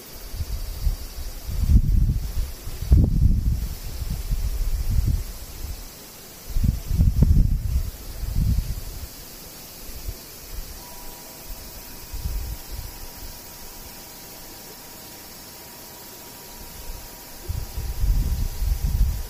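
Cicadas drone as a thin, steady high buzz that holds unchanged through the whole stretch. Low rumbling gusts break in around two to four seconds, again near seven to eight, and at the very end, and a faint steady tone appears from about eleven seconds on.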